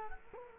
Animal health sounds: mosquito wingbeat signal from an infrared sensor; Culex quinquefasciatus

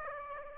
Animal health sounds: mosquito wingbeat signal from an infrared sensor; Aedes aegypti

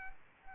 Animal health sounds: mosquito wingbeat signal from an infrared sensor; Aedes aegypti

